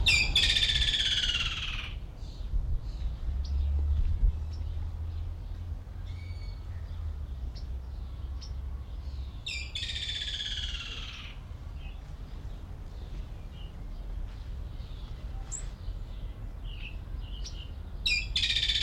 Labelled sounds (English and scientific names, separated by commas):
Woodland Kingfisher (Halcyon senegalensis) call